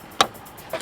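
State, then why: Seated. An engine control unit is pushed onto the locating posts of its mounting bracket in an OBD1 VR6 Corrado during an ECU change for a software swap. It snaps into place with a sharp, bright click at 0.2 s, followed by a softer knock at about 0.7 s. The unit is seated in its bracket.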